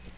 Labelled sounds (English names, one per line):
Magnolia Warbler flight call